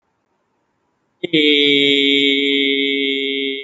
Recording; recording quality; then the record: sustained vowel as in made; excellent, no background noise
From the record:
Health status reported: healthy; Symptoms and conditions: none ticked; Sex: male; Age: 25 years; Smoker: not ticked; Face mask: not worn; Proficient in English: yes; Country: India